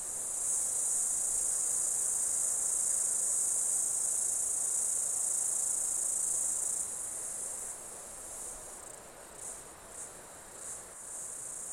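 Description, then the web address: Insects in a steady shrill buzzing chorus that drops sharply after about seven seconds, leaving several fainter pulsed buzzes. Insects calling during an Australian summer. "Foundation 1 AMBIENCE AUSTRALIAN SUMMER INSECTS"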